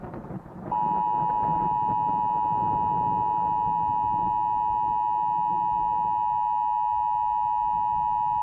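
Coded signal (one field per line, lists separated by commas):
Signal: Emergency Alert System (SAME) tones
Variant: 853 and 960 Hz attention tone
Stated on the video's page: Mock EAS tornado scenario.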